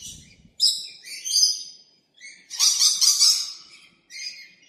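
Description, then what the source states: Bird with several bursts of dry, buzzy chattering calls separated by short silences. Recorded in Arizona.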